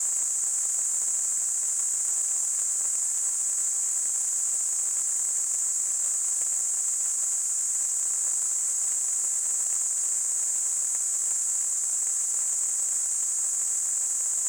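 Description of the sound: A steady, unbroken high-pitched hiss centred near 8 kHz, with a faint noisy wash below it, holds at the same level for the whole clip. It is a simulated tinnitus sound, imitating the constant ringing or hissing some people hear in their ears.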